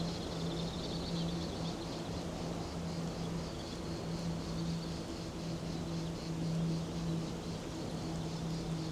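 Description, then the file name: Crickets chirping in steady, rapid pulsed trains high in pitch, quiet beneath a constant low hum that runs throughout. Crickets in a daytime ambience. "Thick-Ambience Day Thunder Crickets"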